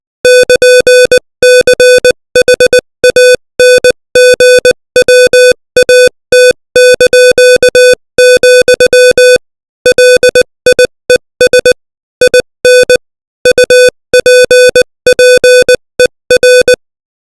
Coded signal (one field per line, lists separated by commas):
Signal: Morse code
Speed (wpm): 20 wpm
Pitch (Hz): 500 Hz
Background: music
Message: <KN>CHANGWAT), LIES IN UPPER